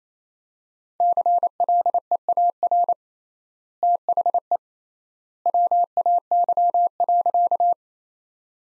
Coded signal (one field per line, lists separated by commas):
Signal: Morse code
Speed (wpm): 28 wpm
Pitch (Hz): 700 Hz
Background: none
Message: CLEAR THE WAY.